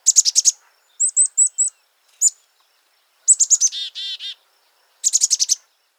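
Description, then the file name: Black-capped chickadee calls: quick bursts of very high, thin chip notes, brief hooked whistles, and one series ending in three lower, buzzy, harsh dee notes. "Est-Mesange a tete noire- cri"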